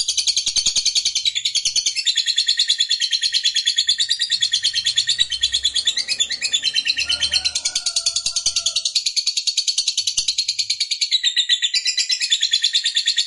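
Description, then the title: Lovebird singing a continuous high, gritty twittering with quick regular pulses, energetic throughout. Lovebird of fighter type, singing energetically (gacor). "Berkat SUARA Lovebird FIGHTER GACOR Ini"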